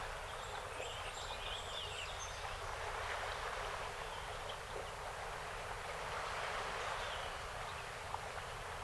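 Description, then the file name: Song sparrow song, faint: a short series of high notes near the start, with constant hiss and low rumble throughout. 48 songs, 7 June 2018. "2018-06-07 Song Sp 48 Songs"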